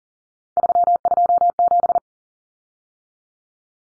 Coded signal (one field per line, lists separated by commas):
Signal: Morse code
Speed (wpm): 40 wpm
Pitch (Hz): 700 Hz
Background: none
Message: 327